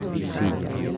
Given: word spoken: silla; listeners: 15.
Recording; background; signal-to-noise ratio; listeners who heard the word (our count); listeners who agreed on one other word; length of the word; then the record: one Spanish word in noise, from a listening test; eight-talker babble; -1.3 dB; 5 of 15; 6 of 15; 0.57 s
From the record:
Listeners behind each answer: 6, 5, 1, 1, 1, 1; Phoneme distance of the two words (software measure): 28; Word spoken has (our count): 2 syllables, 4 phonemes, stress on syllable 1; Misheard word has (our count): 3 syllables, 6 phonemes, stress on syllable 2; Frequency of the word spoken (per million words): 37.09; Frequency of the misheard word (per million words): 96.09